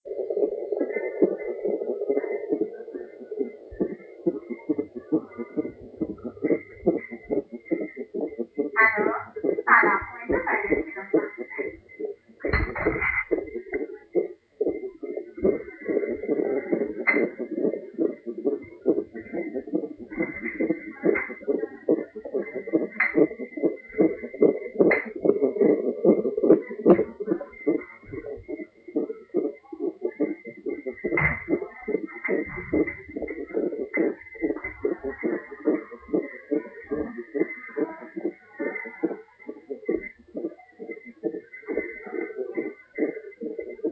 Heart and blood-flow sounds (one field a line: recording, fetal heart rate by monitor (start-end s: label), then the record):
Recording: fetal heart sounds by stethoscope on the mother's abdomen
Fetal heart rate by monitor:
0.00-10.00 s: 138 bpm
10.00-20.00 s: 140 bpm
20.00-30.00 s: 144 bpm
30.00-40.00 s: 144 bpm
From the record:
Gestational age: 35 weeks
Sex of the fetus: girl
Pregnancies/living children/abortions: 2/1/0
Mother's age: 29 years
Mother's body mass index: 25.2